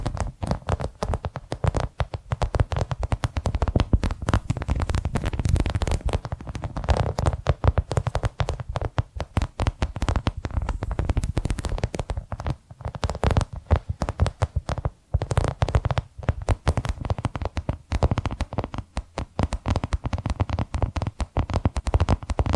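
Tapping and scratching sounds run densely for the whole stretch, a rapid, fairly steady patter of small sharp hits with rough scraping between them. The hits carry a soft low thump underneath, and the pace stays busy throughout with only brief thinner moments.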